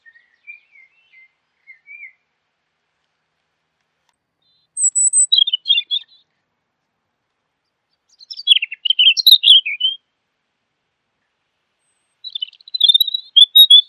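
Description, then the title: Bird with a few faint soft notes at first, then three loud bursts of rapid, high chirping twitter separated by pauses. Masteran training recording. "LuckyBurung MasteranBest"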